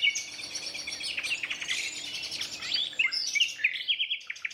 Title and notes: An astonishing nightingale duet in a Dorset woodland. In a dense thicket of thorn, a single nightingale starts to sing - drowning out the tractor mowing the year's first silage. Its performance attracts the attention of another male, who moves in closer and soon a competitive duet fills the night